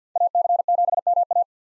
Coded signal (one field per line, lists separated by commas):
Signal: Morse code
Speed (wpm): 50 wpm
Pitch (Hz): 700 Hz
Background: none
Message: AC7MA